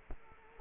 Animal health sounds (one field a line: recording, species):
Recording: mosquito wingbeat signal from an infrared sensor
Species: Culex quinquefasciatus